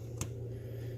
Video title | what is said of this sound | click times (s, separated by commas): TBS Source One 5" Frame - Best Budget Frame? | once we get those lined up you hear a snap in now we'll just install our | 0.2 s